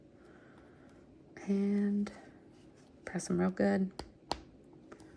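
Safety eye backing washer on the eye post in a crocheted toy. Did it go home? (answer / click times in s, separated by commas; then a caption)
yes / 4.3 s. A plastic backing washer is pressed firmly onto a safety eye post through the fabric of a crocheted toy. Someone talks, then a sharp click at 4.3 seconds shows the backing has snapped on and seated, followed by a few faint ticks.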